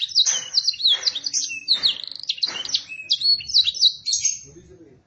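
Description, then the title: Canary song, a fast run of bright, high warbled notes and sweeping whistles, broken into short bursts with tiny pauses between them. Canary singing in the cengkok mewah song style, with a clear voice. "Cengkok Kenari Mewah. kenari CENGKOK MEWAH suara jernih"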